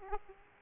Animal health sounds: mosquito wingbeat signal from an infrared sensor; Aedes aegypti

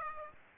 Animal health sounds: mosquito wingbeat signal from an infrared sensor; Aedes aegypti

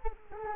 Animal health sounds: mosquito wingbeat signal from an infrared sensor; Culex quinquefasciatus

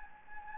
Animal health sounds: mosquito wingbeat signal from an infrared sensor; Anopheles gambiae

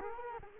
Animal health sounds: mosquito wingbeat signal from an infrared sensor; Culex quinquefasciatus

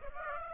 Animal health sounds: mosquito wingbeat signal from an infrared sensor; Aedes aegypti

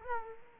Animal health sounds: mosquito wingbeat signal from an infrared sensor; Culex quinquefasciatus

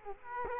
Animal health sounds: mosquito wingbeat signal from an infrared sensor; Culex quinquefasciatus

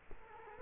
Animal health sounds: mosquito wingbeat signal from an infrared sensor; Culex quinquefasciatus

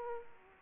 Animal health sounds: mosquito wingbeat signal from an infrared sensor; Aedes aegypti

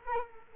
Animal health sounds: mosquito wingbeat signal from an infrared sensor; Culex quinquefasciatus

